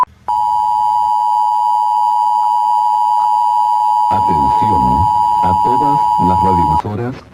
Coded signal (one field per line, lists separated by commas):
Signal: Emergency Alert System (SAME) tones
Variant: 853 and 960 Hz attention tone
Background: speech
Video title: El Virus Mt-30/ EAS SCENARIO